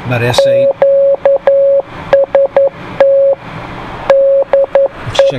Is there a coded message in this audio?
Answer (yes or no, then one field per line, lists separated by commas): yes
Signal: Morse code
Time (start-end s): 0.4-5.3 s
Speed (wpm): 11 wpm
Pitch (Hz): 550 Hz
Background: speech, radio noise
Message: QST DE